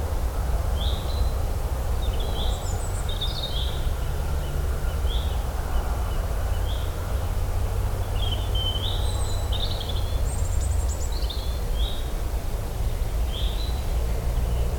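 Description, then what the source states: Bird calls, a mix of short chirps and a few higher thin notes, irregularly spaced, over a steady low rumble. In the Lake District.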